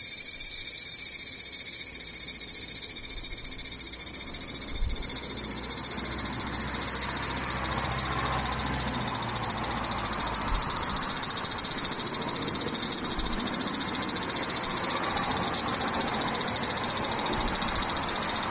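Cicadas drone without pause, a dense, bright, shimmering buzz that holds steady through the whole clip with a slight pulsing texture. Underneath, a low rumble swells in and out between about five and eleven seconds, like a passing vehicle.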